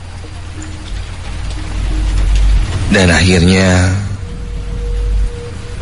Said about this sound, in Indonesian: aku jalan sendirian, ditemani gemericik air hujan dan suara-suara binatang di pepohonan.